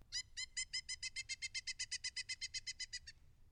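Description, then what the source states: Pileated woodpecker calling a rapid run of many even wuk notes, steady in pitch, lasting about three seconds before stopping. Recording played from a bird identification app; species commonly found in Washington, D.C.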